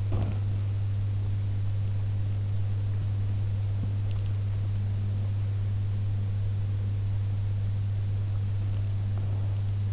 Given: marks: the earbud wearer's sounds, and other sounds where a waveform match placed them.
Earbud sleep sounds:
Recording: sounds in sleep by an in-ear microphone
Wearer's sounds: teeth grinding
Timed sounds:
0.00-0.54 s: teeth grinding

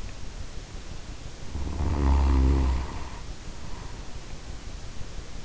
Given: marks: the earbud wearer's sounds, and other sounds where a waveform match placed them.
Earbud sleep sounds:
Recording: sounds in sleep by an in-ear microphone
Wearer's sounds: snoring breath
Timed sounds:
1.38-4.31 s: snoring breath

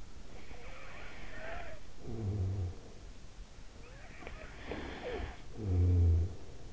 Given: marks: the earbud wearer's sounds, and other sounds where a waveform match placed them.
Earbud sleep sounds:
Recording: sounds in sleep by an in-ear microphone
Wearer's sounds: snoring breath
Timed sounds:
0.16-2.99 s: snoring breath
3.99-6.73 s: snoring breath

